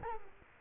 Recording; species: mosquito wingbeat signal from an infrared sensor; Culex quinquefasciatus